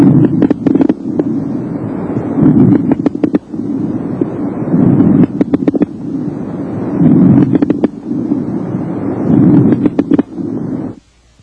Low-pitched crackles are also called coarse crackles. Now listen to low-pitched crackles.